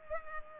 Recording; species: mosquito wingbeat signal from an infrared sensor; Culex pipiens